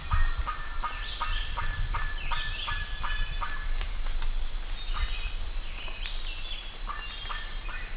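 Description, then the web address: Bird calls: short harmonic notes repeated in a quick series, with higher rising whistled notes above and a steady low rumble beneath. "BIRD 2015 SABIOD 50 bird 2015"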